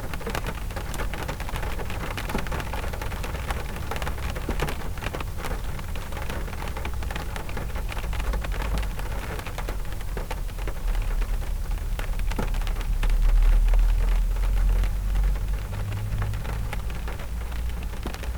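Rain patters densely and steadily, with many small crackling drops spread across the whole clip. A deep low rumble from machinery runs underneath, swelling louder around the thirteen to fifteen second mark before settling back. The texture stays thick throughout.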